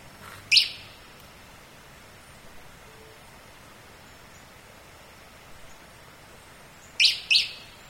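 Bird with one bright, high chirp, a long quiet gap, then two quick chirps in succession near the end.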